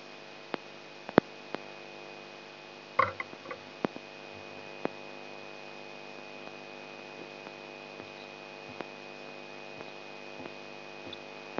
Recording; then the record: brain microelectrode recording played as sound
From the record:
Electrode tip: outside the subthalamic nucleus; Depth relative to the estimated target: -8 mm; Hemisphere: right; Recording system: AlphaMap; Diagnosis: Parkinson's disease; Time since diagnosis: 8 years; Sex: male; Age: 59 years